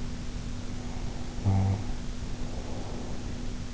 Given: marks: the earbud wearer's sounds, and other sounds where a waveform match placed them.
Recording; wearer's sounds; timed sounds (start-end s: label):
sounds in sleep by an in-ear microphone; snoring breath
0.58-3.49 s: snoring breath